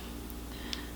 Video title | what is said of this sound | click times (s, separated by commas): Using and Caring for your Thermos Stainless King 16 oz. Travel Tumbler | and just make sure you get a positive click all the way around | 0.3 s, 0.7 s